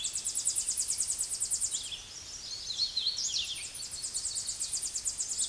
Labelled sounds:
Hooded Warbler (Setophaga citrina) song
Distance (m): 10 m
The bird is about 5 m above the microphone
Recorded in a Pennsylvania forest on 16 May 2024 at 08:13
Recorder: AudioMoth, point MSD-0438
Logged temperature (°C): 14.5 °C
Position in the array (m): 99 m, 92 m

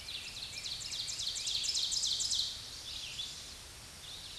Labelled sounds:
Ovenbird (Seiurus aurocapilla) song
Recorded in a Pennsylvania forest on 16 May 2024 at 07:33
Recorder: AudioMoth, point MSD-2146
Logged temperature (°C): 16.7 °C
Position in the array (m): 168 m, -23 m

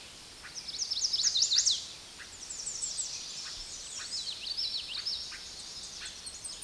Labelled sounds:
Common Yellowthroat (Geothlypis trichas) song
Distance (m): 25 m
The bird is about level with the microphone
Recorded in a Pennsylvania forest on 16 May 2024 at 06:15
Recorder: AudioMoth, point MSD-2305
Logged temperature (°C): 16.9 °C
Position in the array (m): 43 m, 170 m

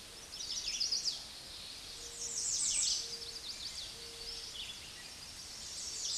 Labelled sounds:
American Redstart (Setophaga ruticilla) song
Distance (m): 15 m
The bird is about 10 m above the microphone
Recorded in a Pennsylvania forest on 16 May 2024 at 06:13
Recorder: AudioMoth, point MSD-0526
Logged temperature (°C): 16.6 °C
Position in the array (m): 110 m, 226 m

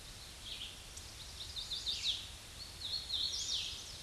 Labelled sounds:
Hooded Warbler (Setophaga citrina) song
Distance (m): 30 m
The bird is about level with the microphone
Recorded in a Pennsylvania forest on 16 May 2024 at 08:24
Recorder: AudioMoth, point MSD-2456
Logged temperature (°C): 16.4 °C
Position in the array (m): 171 m, 103 m

